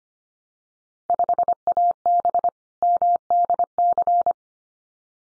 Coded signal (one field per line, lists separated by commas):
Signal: Morse code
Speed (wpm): 25 wpm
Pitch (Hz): 700 Hz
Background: none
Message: 5AB MDC